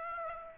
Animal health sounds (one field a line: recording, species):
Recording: mosquito wingbeat signal from an infrared sensor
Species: Aedes aegypti